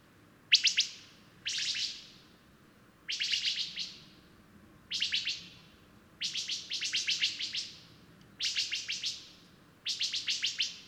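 Bird song with sharp, buzzy rattles, each burst of quick pulses fading away, repeated about every one to two seconds, some phrases running longer, faint hum behind.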